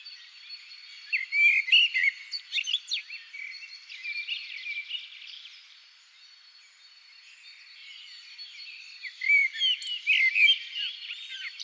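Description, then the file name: Common blackbird song: warbled fluty phrases and squeaky twitters, a quiet pause in the middle, then a renewed burst of song near the end. "Turdus merula"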